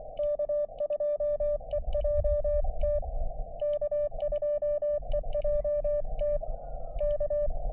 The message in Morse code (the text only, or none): K2EJT K2EJT K